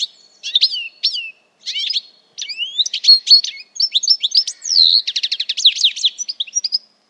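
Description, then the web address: Bird singing a lively medley of chirps and slurred whistles, ending in a quick rattling trill near the close. "Deverinetal"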